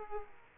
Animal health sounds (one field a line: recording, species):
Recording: mosquito wingbeat signal from an infrared sensor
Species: Aedes aegypti